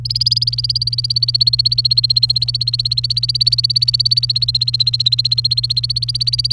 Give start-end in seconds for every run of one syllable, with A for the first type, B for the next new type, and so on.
0.05-6.53 A